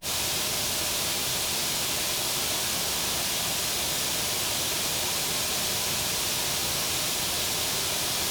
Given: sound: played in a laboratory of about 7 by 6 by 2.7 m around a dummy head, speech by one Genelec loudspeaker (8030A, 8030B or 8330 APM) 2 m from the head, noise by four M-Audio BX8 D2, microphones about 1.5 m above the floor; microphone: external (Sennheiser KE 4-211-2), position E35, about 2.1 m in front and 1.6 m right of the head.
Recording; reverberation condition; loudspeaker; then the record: white noise; medium; four, about 170 cm from the corners of the room and facing them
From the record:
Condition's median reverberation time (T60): about 510 ms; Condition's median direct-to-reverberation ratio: about -0.5 dB